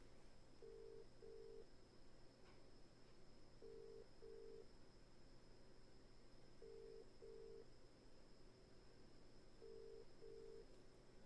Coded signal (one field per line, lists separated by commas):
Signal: telephone call progress tone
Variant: UK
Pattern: ringback tone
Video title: Amatuer Radio and Chat Live M7WLO